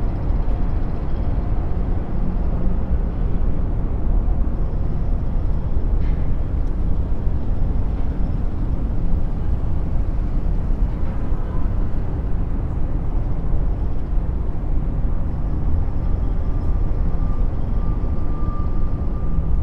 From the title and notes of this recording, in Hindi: सिटी सौंडस्केप | डेल्टा बाइनॉरल बीट्स के साथ स्काइलाइन से आवाज़ें.